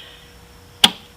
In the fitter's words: and you'll hear click and everything reconnect your battery cable